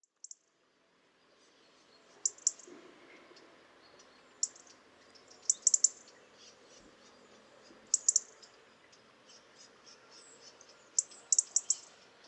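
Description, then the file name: European robin uttering thin, sharp ticks, singly or in quick bunches of two to four, spaced irregularly throughout, with soft background noise. "Erithacus rubecula"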